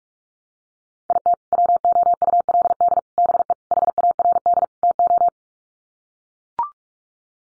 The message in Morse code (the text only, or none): IT WOULD BE HARD TO